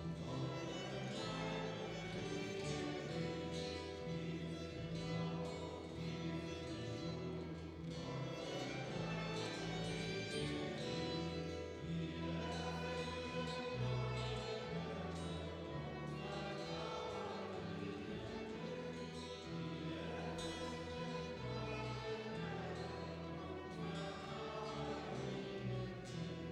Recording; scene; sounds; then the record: everyday scene through a hearing-aid microphone; reverberant space; music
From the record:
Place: church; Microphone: in the ear canal, right